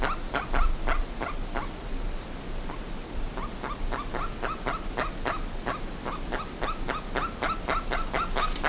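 Bird calls, short notes repeated rapidly and unevenly over a steady low rumbling hiss.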